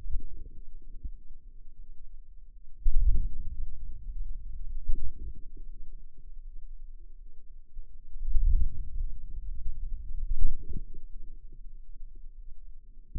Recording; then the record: forearm muscle sounds (acoustic myography)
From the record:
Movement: wrist extension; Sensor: system 2, bracelet of six BSWA MPA416 microphones around the upper forearm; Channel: 5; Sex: female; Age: 23 years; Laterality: right